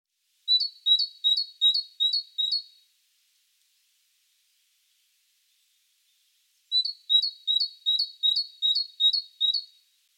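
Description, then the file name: Great tit song in two bursts of several quick two-note phrases, separated by roughly four seconds of silence. "Parus major"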